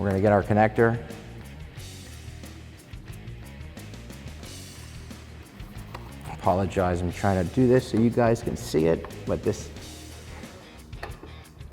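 Someone talks over background music while picking up the tail light wiring harness connector for a Raxiom smoked-lens LED tail light on a Jeep Gladiator JT and positioning it toward the vehicle-side harness plug, with a few faint handling sounds. The connector has not been pushed home yet, so nothing has seated or clicked.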